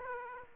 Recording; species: mosquito wingbeat signal from an infrared sensor; Aedes aegypti